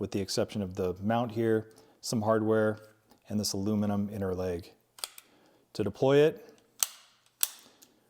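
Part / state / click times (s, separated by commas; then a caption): bipod leg into its deployed 90-degree lock on the bipod body / seated / 6.8 s, 7.4 s. Someone talks while pulling the two legs of a polymer rifle bipod with aluminum inner legs and a picatinny rail mount down from their stowed position. Each leg snaps into its deployed 90-degree lock on the bipod body with a sharp click at 6.8 s and 7.4 s, and both legs seat in place.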